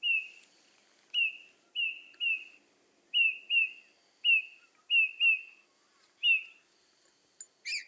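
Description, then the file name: Eurasian bullfinch giving soft, piping, slightly falling whistled notes, singly or in quick pairs, several over eight seconds, with a faint high thin tone in the background. "Pyrrhula pyrrhula"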